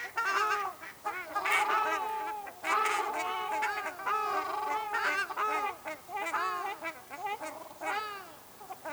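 Ruddy shelduck loud nasal honks, arched calls in a near-continuous run throughout.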